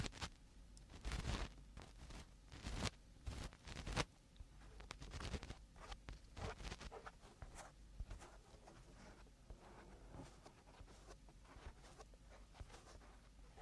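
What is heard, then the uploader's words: Ear cleaning sounds: dry scratching and rustling strokes, like something rubbing against the ear. Strokes come quick and loud in the first four seconds, with sharp crackly bursts, then settle into softer, sparser scraping and light ticks for the rest. Eardrum Cleaning (No Talking).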